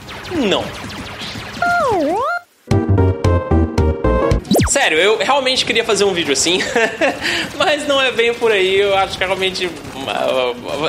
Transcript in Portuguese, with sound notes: Não. Sério, eu realmente queria fazer um vídeo assim, [risos] mas não é bem por aí. Eu acho que é realmente… ah…